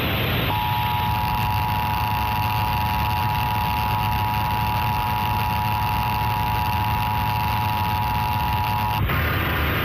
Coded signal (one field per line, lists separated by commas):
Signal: Emergency Alert System (SAME) tones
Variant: 853 and 960 Hz attention tone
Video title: History of EAS (reupload)